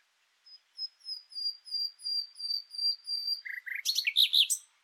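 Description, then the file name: Common nightingale song: a string of thin, high whistles, ending in a loud, complex flourish. "Luscinia megarhynchos"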